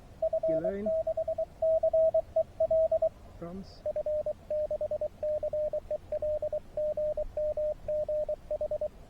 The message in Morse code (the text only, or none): F6CEL F6CEL GM GH